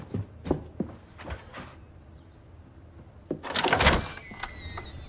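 In the morning, a handful of quick, thudding footsteps hurry across the floor as someone runs to a door, then the door bursts open with a loud clatter and a high, squealing creak that rings on briefly.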